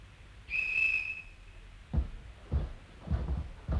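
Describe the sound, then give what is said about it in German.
A single sustained high-pitched whistle blast lasts about a second and a half, followed by several dull thumps and knocks like a cupboard or door banging. “Was hängst du hier noch rum? Pfeife nicht gehört?”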